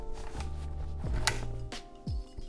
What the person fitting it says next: It locks into place.